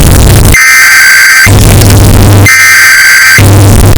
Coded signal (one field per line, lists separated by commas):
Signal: Emergency Alert System (SAME) tones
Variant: header bursts